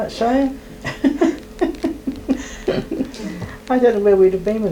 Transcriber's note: laughs